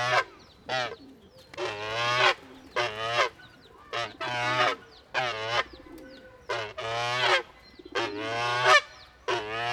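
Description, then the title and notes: Goose repeating harsh, loud, nasal honks in a series, separated by short quiet gaps. Goose near newly hatched chicks in a park in Saint-Gilles, Belgium; the source says the goose hisses; recorded with Sony PCM-D100 internal microphones in XY position. "Parc Pierre Paulus, Saint-Gilles, Belgique - Poussins et oie - Chicks and goose. des poussins viennent de naître, et une oie souffle"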